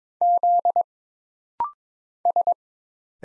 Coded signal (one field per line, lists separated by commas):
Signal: Morse code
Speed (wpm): 22 wpm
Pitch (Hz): 700 Hz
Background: none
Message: Z S